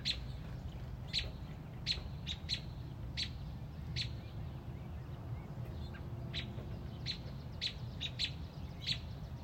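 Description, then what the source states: Robin giving sharp, high chip calls in an irregular series over a steady low rumble. Mother robin on a front porch protecting a newly hatched chick.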